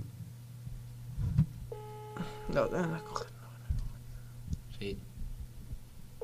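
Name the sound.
telephone ringing tone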